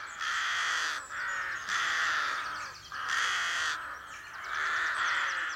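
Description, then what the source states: Rooks cawing in harsh, raucous bursts, several loud caws with other rooks calling behind. Rooks building nests at a well-established rookery on a village main street, Belcoo, County Fermanagh, between two lakes, on a cool calm March morning.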